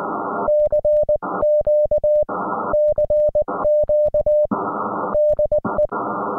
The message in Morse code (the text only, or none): CQ CQ DE